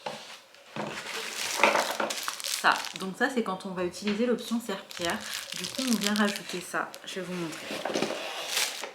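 A plastic mop attachment is handled as it is fitted onto the underside of a robot vacuum to show the mop option, while someone talks throughout. Rustling handling noises come with a cluster of sharp knocks between about 1.6 and 2.5 seconds. The clip ends before the attachment goes home, and nothing has seated or clicked yet.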